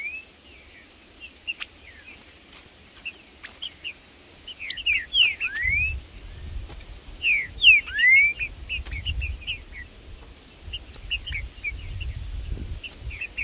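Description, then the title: Green-winged saltator song: a few bright, swept whistles midway amid scattered high ticks and chirps, with low rumbling noise. Birds singing in the bush, calling and performing territorial displays while competing with rivals; a wild bird present alongside the birds named Blindado and Tufão. "TRINCA Piando, Cantando E Macheando Na DISPUTA. Trinca Ferro no MATO Cantando e Macheando muito com Solto! Blindado e Tufão no mato"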